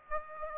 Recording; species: mosquito wingbeat signal from an infrared sensor; Aedes aegypti